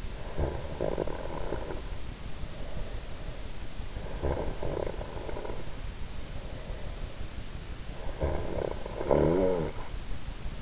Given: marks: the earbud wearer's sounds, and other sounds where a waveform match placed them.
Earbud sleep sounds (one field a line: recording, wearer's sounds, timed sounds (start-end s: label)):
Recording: sounds in sleep by an in-ear microphone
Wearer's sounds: snoring breath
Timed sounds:
0.00-3.59 s: snoring breath
3.99-10.62 s: snoring breath